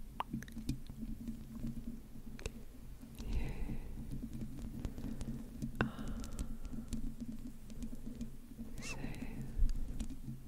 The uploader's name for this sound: slow & sensitive Mic Scratching, Whispering, Tongue Clicking